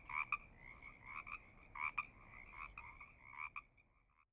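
Frog croaking softly, short raspy ribbit notes in loose clusters with drawn-out, quieter notes between them, fading out at the end.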